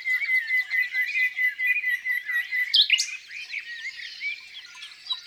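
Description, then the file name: Common nightingale song of varied warbled phrases over a repeated throaty whistle, broken by a sharp rising note midway. Song in the countryside. "Rossignol philomele Chants doiseaux dans la campagne"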